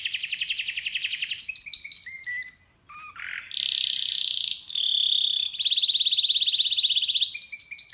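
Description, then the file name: Canary song mixing fast rolled trills, short downslurred whistles, a low rising note, and long buzzy rattling tours repeated in quick succession. "Canary Voice"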